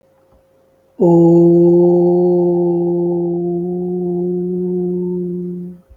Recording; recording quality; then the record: sustained vowel as in boot; excellent, no background noise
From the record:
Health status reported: healthy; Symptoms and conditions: none ticked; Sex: male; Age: 32 years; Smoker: not ticked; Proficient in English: no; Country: India